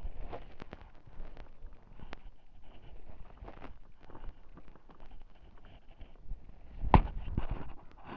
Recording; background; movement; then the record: deep breathing; quiet; walking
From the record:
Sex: male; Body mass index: 23.7 kg/m2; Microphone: on the chest, facing the body